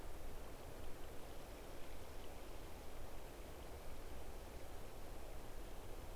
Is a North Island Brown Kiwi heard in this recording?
no